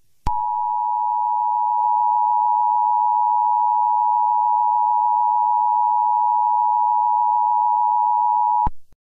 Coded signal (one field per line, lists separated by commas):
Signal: Emergency Alert System (SAME) tones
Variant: 853 and 960 Hz attention tone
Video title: (REUPLOAD) EAS Scenario #5A: 2022 Mega Disaster (Part 1)